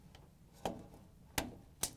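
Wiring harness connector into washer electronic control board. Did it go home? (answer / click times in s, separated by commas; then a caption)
no / none. A wiring harness connector is handled and lined up at a Whirlpool washer electronic control board, WP8571903 (fits KitchenAid/Maytag), ready to be pushed in until it locks. Three sharp ticks from the handling are heard at about 0.7, 1.4 and 1.8 s over a quiet background. Nothing has seated or clicked yet.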